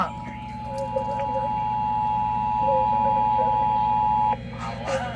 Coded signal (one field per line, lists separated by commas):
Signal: Emergency Alert System (SAME) tones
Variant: 853 and 960 Hz attention tone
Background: speech